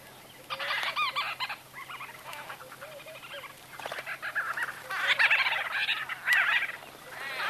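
White-fronted bee-eaters calling in short groups of burry, rolling notes, several birds overlapping, with louder bursts near the start and end.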